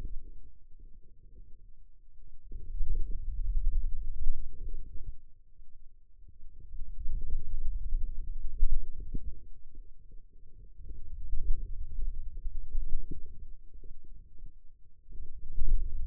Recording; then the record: forearm muscle sounds (acoustic myography)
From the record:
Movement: hand closing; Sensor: system 2, bracelet of six BSWA MPA416 microphones around the upper forearm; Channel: 2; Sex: male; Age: 22 years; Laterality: right